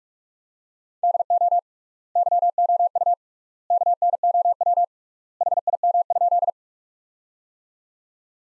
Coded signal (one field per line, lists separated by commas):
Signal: Morse code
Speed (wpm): 44 wpm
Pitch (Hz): 700 Hz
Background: none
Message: DO YOU KNOW HIM?